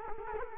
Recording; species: mosquito wingbeat signal from an infrared sensor; Culex quinquefasciatus